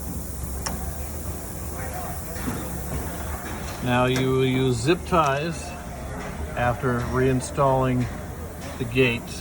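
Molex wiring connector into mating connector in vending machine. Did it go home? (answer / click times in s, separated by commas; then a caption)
yes / 0.7 s. A multi-pin Molex wiring connector, pins aligned first, is plugged into its mating connector inside a vending machine and snaps into place with one sharp click at 0.7 s. Afterward, someone talks over a low background hum.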